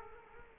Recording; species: mosquito wingbeat signal from an infrared sensor; Culex quinquefasciatus